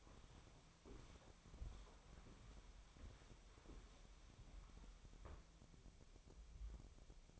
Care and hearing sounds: daily activity, microphone in the room; walk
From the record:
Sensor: 1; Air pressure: 1015.3 hPa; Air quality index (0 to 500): 128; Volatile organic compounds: 5 ppm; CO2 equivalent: 1763 ppm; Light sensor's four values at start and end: 13/31/13/14 and 13/31/13/14

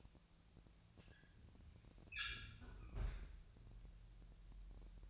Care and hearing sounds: daily activity, microphone in the room; close fridge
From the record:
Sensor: 2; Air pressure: 999.9 hPa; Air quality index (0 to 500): 120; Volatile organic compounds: 2 ppm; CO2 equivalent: 1032 ppm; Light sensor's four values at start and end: 30/75/32/35 and 30/75/32/35

